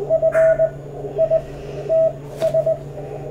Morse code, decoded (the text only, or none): FITS